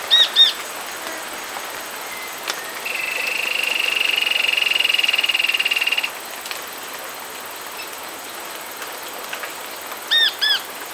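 Bird calls: paired arched ringing notes at the start and end, separated by a loud steady buzzing drone lasting about three seconds.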